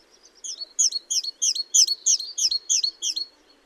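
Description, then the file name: Great tit calling: around nine crisp, high-pitched notes delivered quickly and evenly, about three per second, against a quiet background. "Parus major"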